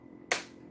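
A hinged plastic Lego brick piece with a ball joint is pressed into its socket piece, giving a single sharp, bright snap at 0.3 s that fades quickly over a quiet background. The ball joint snaps in and is seated.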